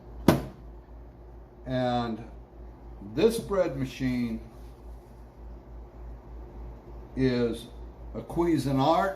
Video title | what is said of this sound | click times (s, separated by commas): Saving time & Money | bread machine and just push on it until it snaps into place | 0.3 s